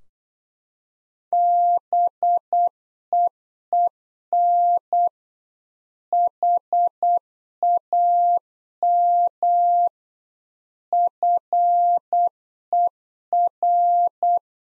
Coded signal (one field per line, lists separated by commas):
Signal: Morse code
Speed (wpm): 8 wpm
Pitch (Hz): 700 Hz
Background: none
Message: BEEN HAM FER